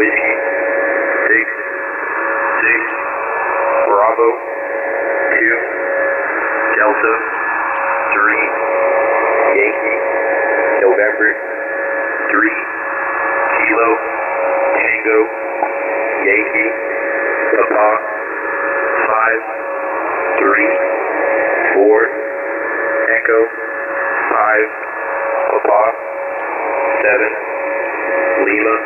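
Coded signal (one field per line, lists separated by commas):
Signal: coded military voice message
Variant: English, phonetic alphabet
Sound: a male voice over HF radio steadily reading phonetic-alphabet letters and digits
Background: radio static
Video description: This is a recording of an Emergency Action Message. They are transmissions sent out across the High Frequency Global Communications System (HFGCS), which is used by the US military to communicate with various assets, including nuclear-capable aircraft and submarines.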